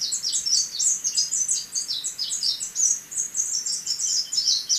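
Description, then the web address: Spectacled whitestart delivering dense, high-pitched twittering song, rapid chips and slurred notes running together in quick bursts, with faint hiss behind. Ecuador. "Birds of Ecuador. Spectacled Whitestart"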